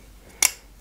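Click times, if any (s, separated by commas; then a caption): 0.5 s. A strap or part is fitted to the front of a 1/8 scale Subaru Impreza WRC 2003 model car body with a small plastic clip. A single sharp, bright click comes at 0.45 s against quiet background, then fades quickly. The clip snaps in and is seated.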